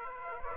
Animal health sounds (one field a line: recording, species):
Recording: mosquito wingbeat signal from an infrared sensor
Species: Aedes aegypti